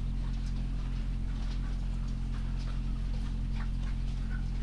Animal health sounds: poultry house recording; sick chickens (respiratory disease)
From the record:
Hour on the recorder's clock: 5

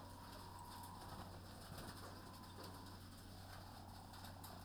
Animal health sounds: poultry house recording; healthy chickens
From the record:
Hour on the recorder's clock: 20

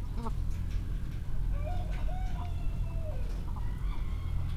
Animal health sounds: poultry house recording; sick chickens (respiratory disease)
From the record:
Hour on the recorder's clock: 18

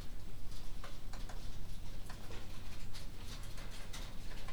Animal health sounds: poultry house recording; no chicken sound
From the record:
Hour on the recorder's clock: 20

